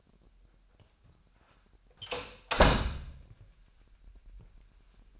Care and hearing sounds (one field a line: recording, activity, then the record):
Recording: daily activity, microphone in the room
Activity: close door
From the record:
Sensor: 2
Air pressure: 998.2 hPa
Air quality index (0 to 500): 136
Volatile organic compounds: 3 ppm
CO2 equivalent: 1534 ppm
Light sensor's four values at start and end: 12/34/14/14 and 12/34/14/14